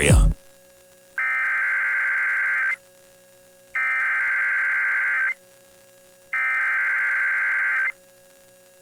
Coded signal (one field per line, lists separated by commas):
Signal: Emergency Alert System (SAME) tones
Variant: header bursts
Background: speech